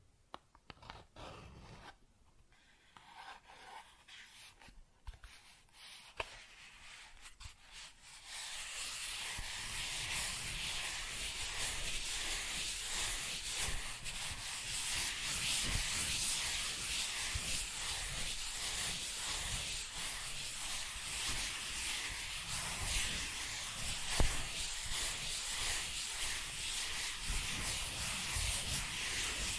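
Cardboard being scratched and rubbed, starting with sparse, quiet scrapes and taps over the first eight seconds. Then a steady, dense, bright rasping takes over and continues to the end, with small rhythmic strokes and an occasional sharper scratch near the 24-second mark.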